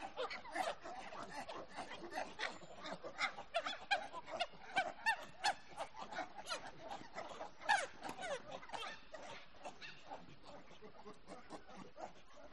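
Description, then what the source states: Monkeys calling in a busy chorus of shrill squeals and honking cries, overlapping and repeated rapidly throughout. Monkeys described as happy.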